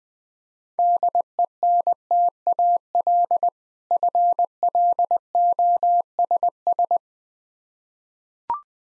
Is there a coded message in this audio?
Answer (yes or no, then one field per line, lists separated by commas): yes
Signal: Morse code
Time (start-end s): 0.8-7.0 s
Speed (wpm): 20 wpm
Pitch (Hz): 700 Hz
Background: none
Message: DENTAL FLOSS